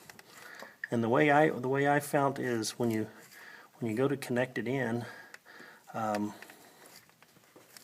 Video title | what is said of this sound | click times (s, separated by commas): 650HP 6.2L F-150 Whipple Install "Plugs" [Part 6/14] | you'll know what con like it didn't snap that time | none